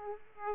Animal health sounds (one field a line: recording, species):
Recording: mosquito wingbeat signal from an infrared sensor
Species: Aedes aegypti